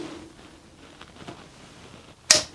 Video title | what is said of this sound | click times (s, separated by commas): HIGH STANDARD MODEL G 380 AUTO (blued steel hen's tooth)!! | when that falls down and locks into place and you're smooth you're ready to rock baby | 2.3 s